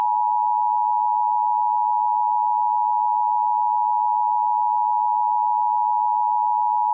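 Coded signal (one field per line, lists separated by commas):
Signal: Emergency Alert System (SAME) tones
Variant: 853 and 960 Hz attention tone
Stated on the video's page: Fictional parody EAS scenario, not a real alert.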